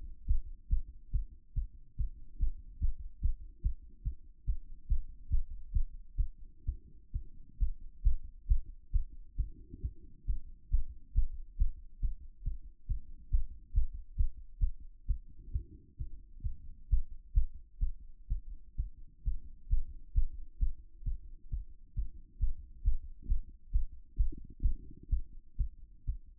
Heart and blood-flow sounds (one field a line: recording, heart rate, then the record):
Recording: heart sounds by stethoscope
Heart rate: 134 bpm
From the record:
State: after exercise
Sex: female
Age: 26 years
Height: 180 cm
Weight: 85 kg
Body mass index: 26.23